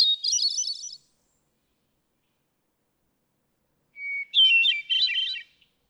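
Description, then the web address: Hermit thrush: the tail of one flutelike phrase, a long silence, then a clear steady whistle leading into a rippling, bell-like flourish. "birdsongforthecurious songs Hermit Thrush"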